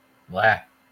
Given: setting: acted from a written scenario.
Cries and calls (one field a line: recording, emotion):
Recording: vocal sound without words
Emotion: neutral